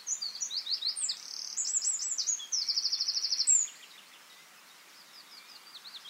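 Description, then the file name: Eurasian wren pouring out a loud, high, rapid song with sharp notes and a steady rattling trill, then softer bird notes. "Troglodytes troglodytes"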